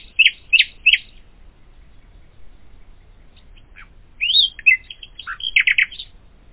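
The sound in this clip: Common nightingale gives three loud, evenly spaced notes, pauses, then bursts into a jumbled phrase of chirps and rapid descending notes.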